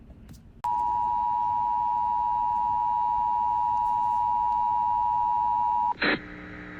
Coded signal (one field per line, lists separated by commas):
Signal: Emergency Alert System (SAME) tones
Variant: 853 and 960 Hz attention tone